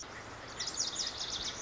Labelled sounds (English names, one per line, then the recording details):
Lazuli Bunting
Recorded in Sonoma County, California